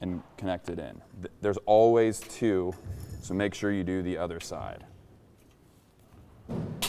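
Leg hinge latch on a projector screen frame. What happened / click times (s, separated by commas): The latch is handled but has not yet seated / none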